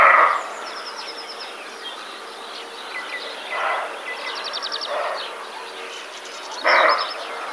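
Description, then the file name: Roe deer barking: harsh, broad bursts at the start and again around three and a half, five and seven seconds, with small birds chirping and trilling throughout. "capreolus capreolus"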